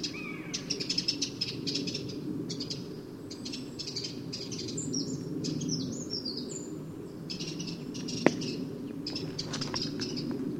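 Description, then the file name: Eurasian wren giving bursts of hard ticking calls, some in faster rattling runs, over a constant low rush. "Troglodytes troglodytes"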